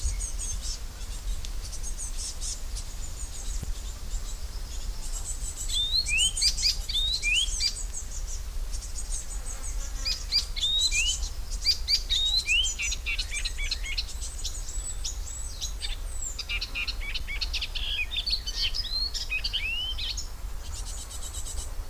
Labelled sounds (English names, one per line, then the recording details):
Icterine Warbler
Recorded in the wild
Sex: male
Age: adult
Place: Köppchensee, Berlin, DE
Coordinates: 52.6167, 13.3667
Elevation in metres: 40
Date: 1999-05-29 18:29
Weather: fair, 28°C
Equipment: Sony MD-WM MZ-R3, Sennheiser ME 80, Kopie Uher 4000 Report Monitor
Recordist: Tembrock, Günter
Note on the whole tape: Rufe, Gesang (kurz), NSG Köppchensee